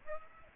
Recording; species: mosquito wingbeat signal from an infrared sensor; Aedes aegypti